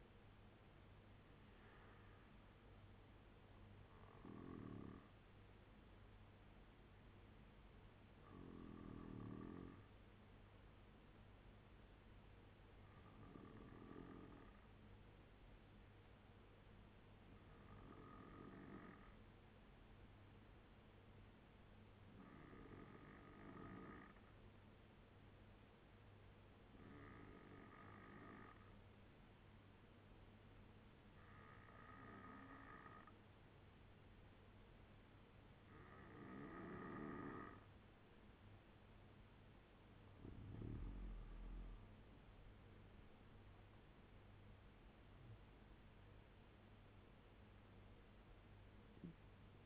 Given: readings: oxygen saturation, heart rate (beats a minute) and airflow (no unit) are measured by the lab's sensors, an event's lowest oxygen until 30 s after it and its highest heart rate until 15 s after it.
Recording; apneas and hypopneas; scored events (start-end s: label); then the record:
breathing in sleep by a voice recorder at the bedside; 1
7.00-41.70 s: hypopnea (N2, oxygen 95% highest, then 89% lowest, heart rate 70 at the start, 90 highest)
42.00-49.66 s: new sleep stage, N1 (lightest sleep)
From the record:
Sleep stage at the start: N2 (light sleep); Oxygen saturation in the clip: 89 to 95%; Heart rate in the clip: 68 to 90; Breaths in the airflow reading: 9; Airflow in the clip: -8.8 to 9.7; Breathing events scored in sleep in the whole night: 201 in 6.5 hours asleep